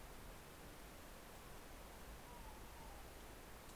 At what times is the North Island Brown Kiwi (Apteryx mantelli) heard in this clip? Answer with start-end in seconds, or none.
none